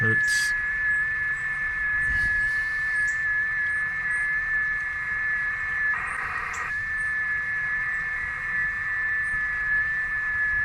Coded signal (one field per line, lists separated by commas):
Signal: FT8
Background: speech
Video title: Amateur Radio 2 METER SSB /CW SCORPION ll CUBEX QUAD Antenna New 2022